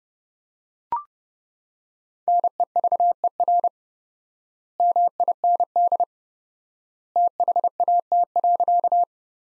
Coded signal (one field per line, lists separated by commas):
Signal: Morse code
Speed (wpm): 29 wpm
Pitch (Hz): 700 Hz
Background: none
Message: NEVER MIND THAT.